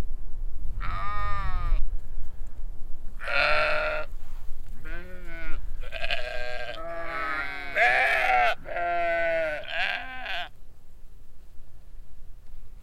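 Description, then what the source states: Sheep bleating, several overlapping wavering baas from a flock in quick succession over the first ten seconds, with low wind rumble underneath. Large flock on a windy hill at a sheep pasture in Hupperdange, baaing at a stranger on the road.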